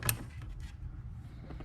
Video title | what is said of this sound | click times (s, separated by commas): JLT 3.0 Oil Separator install 2017-2020 Ford F-250 6.2L/7.3L - 3042P | and you'll hear that click | 0.1 s